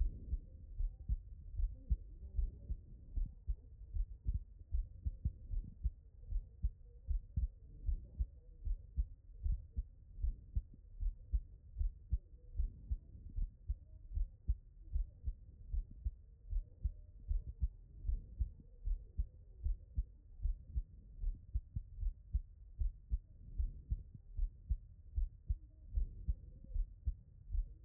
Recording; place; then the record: heart sounds by stethoscope; pulmonary valve (PV)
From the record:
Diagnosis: HFrEF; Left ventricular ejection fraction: 40%